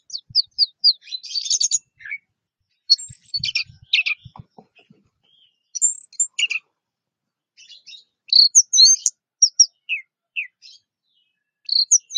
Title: Anis Merah